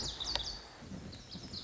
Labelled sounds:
Lazuli Bunting (Passerina amoena)
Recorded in Sonoma County, California

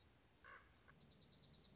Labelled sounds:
Dark-eyed Junco (Junco hyemalis)
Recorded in Sonoma County, California

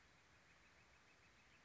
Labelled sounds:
Northern Flicker (Colaptes auratus)
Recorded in Sonoma County, California

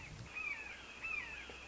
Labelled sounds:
Red-shouldered Hawk (Buteo lineatus)
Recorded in Sonoma County, California

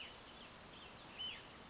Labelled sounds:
Hutton's Vireo (Vireo huttoni)
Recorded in Sonoma County, California

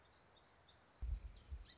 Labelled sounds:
Song Sparrow (Melospiza melodia)
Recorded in Sonoma County, California

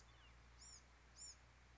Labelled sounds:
Bewick's Wren (Thryomanes bewickii)
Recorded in Sonoma County, California

